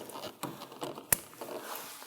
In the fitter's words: until you hear it clicking again. So it's seated well.